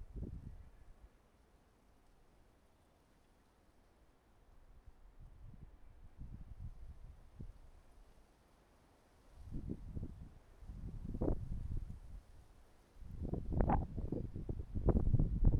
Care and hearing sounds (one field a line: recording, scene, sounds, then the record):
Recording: everyday scene through a hearing-aid microphone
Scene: wind on the microphone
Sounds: wind, traffic, birds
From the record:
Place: suburban garden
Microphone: behind the ear, right, rear